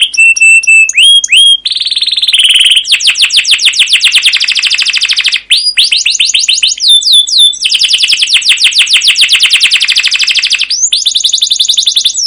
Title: CUIT CUIT NGEROL LANGSUNG GACOR PANJANG Kenari Ini AMPUH Utk Pancingan KENAR